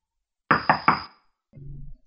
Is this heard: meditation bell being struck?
no